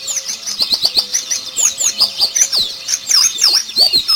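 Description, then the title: White-eye singing a lively twitter of bright, high slurred notes. Recorded in Malang, East Java. "Pleci Mr. Kebo Malang - Jawa Timur"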